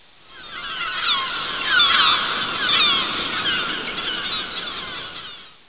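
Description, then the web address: Gulls calling in a dense, overlapping chorus of squealing, wavering cries that swell and fade in loudness throughout. Recorded at hot springs. "hotsprings seagull"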